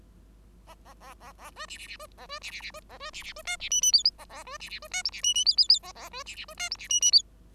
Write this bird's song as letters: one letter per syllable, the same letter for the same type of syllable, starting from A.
A A A A A B C C C B A B C C C B A B C C B D C E E F A A B C C B D G C E E F F F A A B C C B D G C E E F